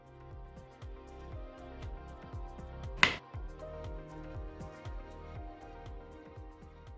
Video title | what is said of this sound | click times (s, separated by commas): TH socket fabrication. Wiring and assembly of the prosthesis. - Ottobock Professionals | Press the EasyPlug into the lamination ring until it audibly clicks into place. | 3.0 s